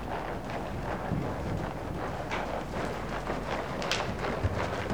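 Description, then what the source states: Horse hoofbeats, a steady run of soft thudding steps under a continuous low rumble, with a few sharper knocks toward the end. One horse working in an indoor school.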